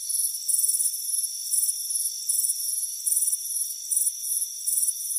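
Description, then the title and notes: Cricket chirps come as short rapid-pulsed bursts repeated about every half second, with a continuous thin high whine underneath. Crickets chirping on a front porch on a warm afternoon. "Soothing Crickets Chirping Sound. It's a warm afternoon as you relax in a hammock on the front porch. Relax and fall asleep to the soothing sound of chirping crickets. Deep Sleep Sounds"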